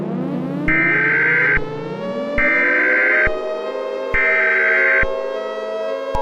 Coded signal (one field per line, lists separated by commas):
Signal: Emergency Alert System (SAME) tones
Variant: header bursts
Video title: (EAS Scenario #4) The Universe turns upside down - Remastered